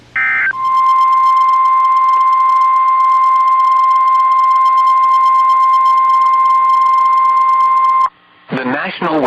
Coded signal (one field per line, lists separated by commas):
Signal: Emergency Alert System (SAME) tones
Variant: 1050 Hz attention tone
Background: speech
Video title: Did Someone Call for Corona, Alabama? | EAS Alerts from 6/13/2021 (EAS #398-412)